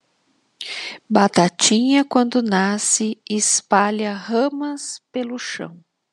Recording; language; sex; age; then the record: short text; Brazilian Portuguese; female; 50 to 59 years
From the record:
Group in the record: control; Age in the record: 51 years